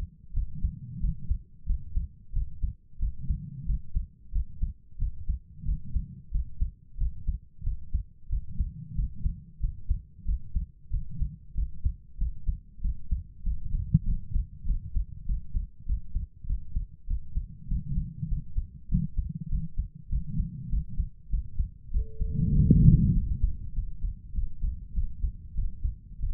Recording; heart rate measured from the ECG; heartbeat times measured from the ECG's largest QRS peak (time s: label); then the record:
heart sounds by stethoscope; 95 bpm
0.32 s: heartbeat
0.99 s: heartbeat
1.65 s: heartbeat
2.32 s: heartbeat
2.98 s: heartbeat
3.65 s: heartbeat
4.31 s: heartbeat
4.97 s: heartbeat
5.64 s: heartbeat
6.30 s: heartbeat
6.96 s: heartbeat
7.62 s: heartbeat
8.28 s: heartbeat
8.94 s: heartbeat
9.59 s: heartbeat
10.24 s: heartbeat
10.89 s: heartbeat
11.53 s: heartbeat
12.17 s: heartbeat
12.80 s: heartbeat
13.42 s: heartbeat
14.03 s: heartbeat
14.64 s: heartbeat
15.25 s: heartbeat
15.85 s: heartbeat
16.45 s: heartbeat
17.06 s: heartbeat
17.67 s: heartbeat
18.27 s: heartbeat
18.87 s: heartbeat
19.48 s: heartbeat
20.08 s: heartbeat
20.68 s: heartbeat
21.28 s: heartbeat
21.90 s: heartbeat
22.51 s: heartbeat
23.12 s: heartbeat
23.72 s: heartbeat
24.31 s: heartbeat
24.92 s: heartbeat
25.53 s: heartbeat
26.18 s: heartbeat
From the record:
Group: healthy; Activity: rest 0-23 s, Valsalva maneuver 23-26 s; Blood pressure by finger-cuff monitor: 109/68 mmHg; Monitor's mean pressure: 84 mmHg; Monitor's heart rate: 97 bpm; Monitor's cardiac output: 7.4 L/min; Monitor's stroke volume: 78 mL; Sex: female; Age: 32 years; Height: 172 cm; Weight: 71.7 kg